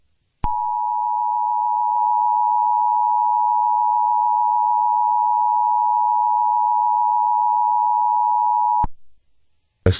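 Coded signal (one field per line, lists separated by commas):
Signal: Emergency Alert System (SAME) tones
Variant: 853 and 960 Hz attention tone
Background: speech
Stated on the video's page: Simulated mock of a Kentucky test alert as it might sound on a TV station.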